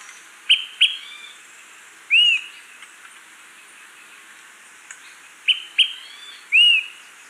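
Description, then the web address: Smoke-colored Pewee song: two quick pips followed by a clear arched whistle, the phrase given twice, over a quiet background with faint high birds. Recorded in Ecuador. "Birds of Ecuador. Smoke-colored Pewee"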